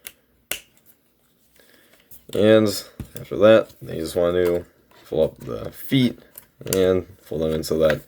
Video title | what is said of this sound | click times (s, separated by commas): Transformers Studio Series 86 Leader Class Slug review | they click and to swivel them around do the same thing right over here | 0.5 s